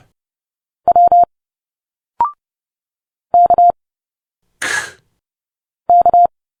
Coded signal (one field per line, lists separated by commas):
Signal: Morse code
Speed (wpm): 30 wpm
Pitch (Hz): 700 Hz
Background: none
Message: W K K